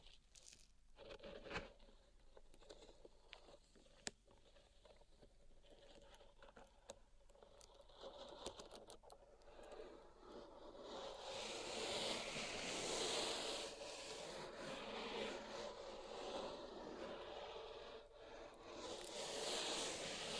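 Pink salt being raked and handled in a zen garden, starting with scattered sharp clicks and light taps over a quiet bed. About halfway through, a dense, bright grainy scraping swells in and continues steadily to the end, with a low hum underneath.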